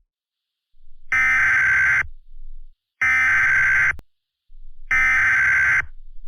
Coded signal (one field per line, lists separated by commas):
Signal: Emergency Alert System (SAME) tones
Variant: header bursts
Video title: EAS Scenario - WW3: Nuclear War